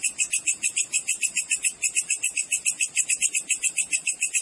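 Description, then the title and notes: Cricket trill, a continuous high pulsing buzz with a quick, even throb. Clean natural cricket recording with tightly spaced chirps, used as a master track for training songbirds and for repelling rats. "Masteran Jangkrik Alam Jernih, Jeda Rapat Cocok Untuk Masteran Burung Dan Mengusir Tikus. suara jangkrik"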